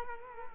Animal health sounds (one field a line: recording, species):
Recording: mosquito wingbeat signal from an infrared sensor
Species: Culex quinquefasciatus